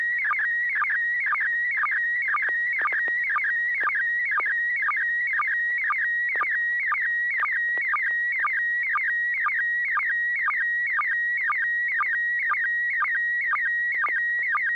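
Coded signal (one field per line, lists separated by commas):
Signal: SSTV (slow-scan television)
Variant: PD120 mode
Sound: steady warbling tone near 2 kHz, chirping down about twice per second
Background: low steady hum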